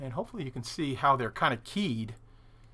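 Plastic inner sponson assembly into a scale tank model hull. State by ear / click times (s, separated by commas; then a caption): not seated / none. Someone talks while handling a plastic inner sponson assembly with a radio fitted, lining it up to drop into keyed slots in the hull of a 1/16 scale Das Werk StuG III Ausf G tank model, where it is keyed to snap in. Nothing has seated or clicked yet; the clip ends just before the part goes home.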